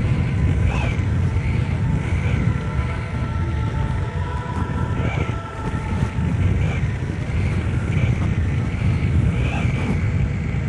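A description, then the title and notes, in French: A bicycle ride through the streets of Bordeaux, with a constant low rumble of rolling and wind buffeting filling the whole stretch. Faint tones and brief chirps surface every couple of seconds, and a thin voice may be heard underneath. Vélocypédie nocturnale. Janvier 2009, quelques minutes de vélo dans les rues de Bordeaux.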